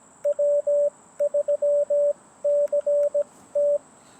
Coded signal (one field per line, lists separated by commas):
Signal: Morse code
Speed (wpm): 17 wpm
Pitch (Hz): 580 Hz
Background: radio noise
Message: W3CT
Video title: POTA Activation with a Sudden Lighting Storm